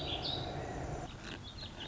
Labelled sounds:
Warbling Vireo (Vireo gilvus)

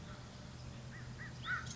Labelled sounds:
American Crow (Corvus brachyrhynchos)

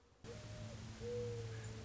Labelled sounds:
Mourning Dove (Zenaida macroura)

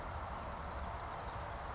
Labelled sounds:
Chestnut-backed Chickadee (Poecile rufescens)

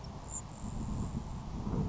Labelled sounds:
Grasshopper Sparrow (Ammodramus savannarum)

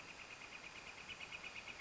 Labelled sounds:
Northern Flicker (Colaptes auratus)

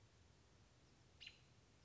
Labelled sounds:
American Robin (Turdus migratorius)

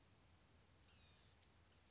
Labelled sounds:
Blue-gray Gnatcatcher (Polioptila caerulea)

